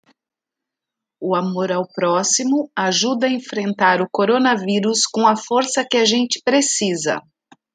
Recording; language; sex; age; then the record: spoken sentence; Brazilian Portuguese; female; 40 to 49 years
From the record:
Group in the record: control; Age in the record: 48 years